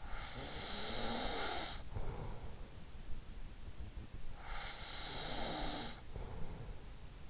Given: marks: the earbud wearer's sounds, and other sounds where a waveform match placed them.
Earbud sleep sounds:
sounds in sleep by an in-ear microphone; snoring breath
0.00-2.78 s: snoring breath
4.35-7.02 s: snoring breath

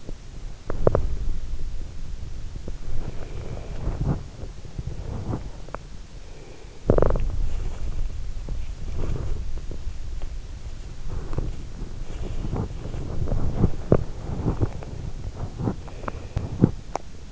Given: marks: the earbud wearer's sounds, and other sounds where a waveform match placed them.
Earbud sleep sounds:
sounds in sleep by an in-ear microphone; body movement, breath
0.00-1.60 s: body movement
2.85-3.92 s: breath
2.85-4.99 s: body movement
6.28-8.02 s: breath
6.72-17.32 s: body movement
15.86-16.57 s: breath

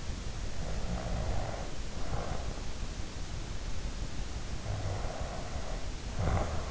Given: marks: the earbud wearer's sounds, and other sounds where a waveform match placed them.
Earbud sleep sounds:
sounds in sleep by an in-ear microphone; snoring breath
0.61-2.82 s: snoring breath
4.68-6.71 s: snoring breath

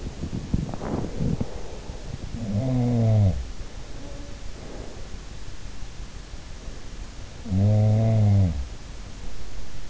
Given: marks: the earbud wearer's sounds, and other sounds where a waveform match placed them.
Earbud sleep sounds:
sounds in sleep by an in-ear microphone; teeth grinding, breath
0.00-1.94 s: teeth grinding
2.22-4.11 s: sound from someone else or the room
4.62-5.02 s: breath
7.08-9.20 s: sound from someone else or the room

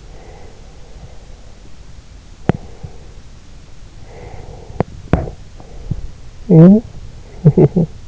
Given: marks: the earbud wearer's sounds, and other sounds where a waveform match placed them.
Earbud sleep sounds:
sounds in sleep by an in-ear microphone; breath, talking in sleep
0.04-3.42 s: breath
3.87-5.95 s: breath
6.20-8.08 s: talking in sleep

